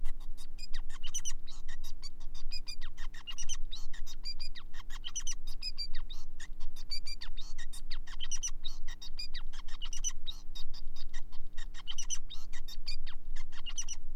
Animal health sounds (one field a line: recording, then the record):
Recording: song of a male Bengalese finch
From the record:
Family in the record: son of father 5